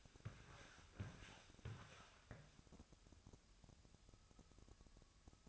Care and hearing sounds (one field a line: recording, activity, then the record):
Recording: daily activity, microphone in the room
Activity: walk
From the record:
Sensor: 2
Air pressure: 1000.3 hPa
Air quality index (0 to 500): 162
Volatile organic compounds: 3 ppm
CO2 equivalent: 1359 ppm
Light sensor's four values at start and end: 15/40/16/18 and 15/40/16/18